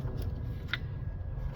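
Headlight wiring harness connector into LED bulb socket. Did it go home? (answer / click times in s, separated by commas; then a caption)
yes / 0.7 s. A vehicle's wiring harness plug is pushed onto the connector of a Nilight 9005 HB3 LED headlight bulb. Over a steady low rumble, one short, sharp snap is heard at 0.7 s. The harness connector snaps in and is seated.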